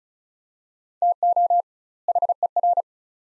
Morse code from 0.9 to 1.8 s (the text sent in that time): TO